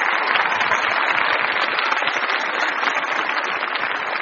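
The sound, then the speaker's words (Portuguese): Steady, dense applause from a crowd, a continuous crackle of many hands clapping at an even loudness throughout, with no voices standing out. “Palmas pro bigode Hitler feminino.”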